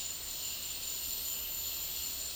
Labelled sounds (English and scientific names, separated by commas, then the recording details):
none
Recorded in dense forest near Puerto Asís, Putumayo, Colombia, on 24 March 2025 at 12:30
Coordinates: 0.499, -76.324
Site GP03